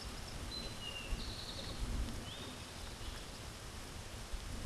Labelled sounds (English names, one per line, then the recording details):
Eastern Towhee song
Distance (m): 90 m
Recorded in a Pennsylvania forest on 17 May 2023 at 13:58
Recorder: AudioMoth, point grid1_39_low
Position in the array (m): 134 m, 115 m